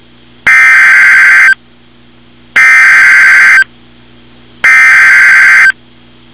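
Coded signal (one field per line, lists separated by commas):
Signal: Emergency Alert System (SAME) tones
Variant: header bursts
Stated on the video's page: Real NOAA Weather Radio alert, a Severe Thunderstorm Warning.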